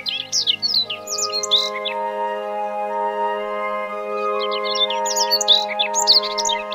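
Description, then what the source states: Siberian rubythroat song, bursts of rapid, scratchy and whistled high notes in two phrases, with steady musical tones sounding underneath. Recorded on Teuri Island, Hokkaido, Japan.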